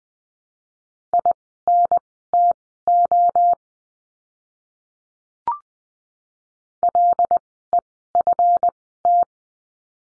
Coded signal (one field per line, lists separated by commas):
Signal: Morse code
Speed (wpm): 20 wpm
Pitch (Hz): 700 Hz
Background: none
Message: INTO LEFT